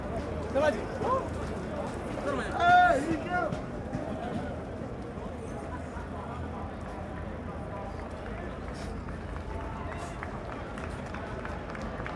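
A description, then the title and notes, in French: The end of a street demonstration in Paris, with a dense murmur of many voices and footsteps. A raised voice or shout rises briefly near the start and again around three seconds, then the crowd noise settles into a steady, low hum. Fin de manifestation - Marche des solidarités Paris.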